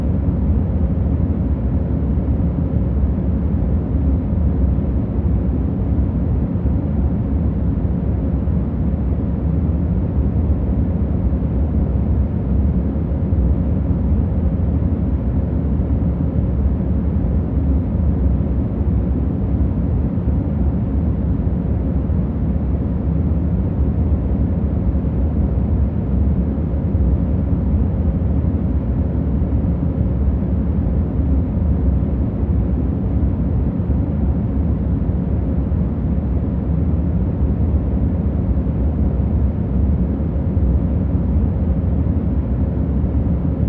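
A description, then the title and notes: Airplane noise: a steady, dense low roar that holds unchanged for the whole stretch, heavy in the deep rumble and thinning out toward the top with nothing bright above. A faint constant hum rides within it, and no separate events break the drone. Airplane Noise.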